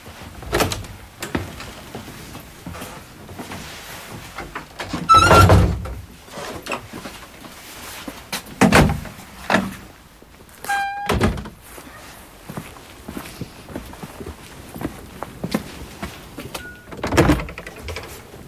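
A sliding door rumbles open and slams shut several times, with loud thuds and rattling clunks between quieter scraping, and a brief metallic squeak partway through.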